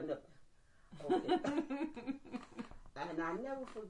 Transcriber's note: laughter